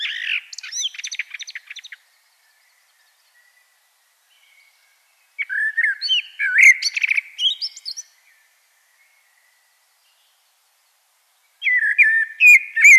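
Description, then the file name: Common blackbird singing three separate phrases, each mixing mellow fluted notes with high scratchy twitters, spaced by pauses of several seconds. "Turdus merula"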